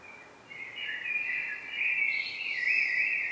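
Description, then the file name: Common blackbird song: one sustained, fluting warble rising into a quick twittered end, over a light hiss. "Turdus merula"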